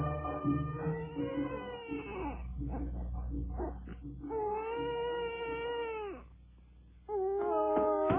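A child in a radio drama cries loudly in long, wavering wails, three drawn-out bursts separated by short catches of breath and a brief lull before the last cry.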